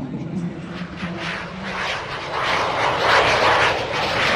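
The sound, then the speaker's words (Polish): A solo jet of the Italian Frecce Tricolori aerobatic team roars past during an air show at Radom airport, Poland, its broad, rushing engine noise swelling steadily louder over a few seconds, with a faint voice murmuring underneath at the start. “W tej chwili solista przelatuje, czekając, aż zespół wróci, ustawiony już”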